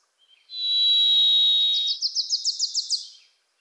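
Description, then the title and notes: Varied thrush song: a sustained buzzy whistle lasting about a second and a half, overlapped at its end by a quick run of sharp chips from another bird. Singing from deep within forest in the Pacific Northwest; voice reverberant and hard to locate; a Wilson's Warbler singing alongside. "The Varied Thrush, Ixoreus naevius, is a wisp in the forests of the Pacific Northwest."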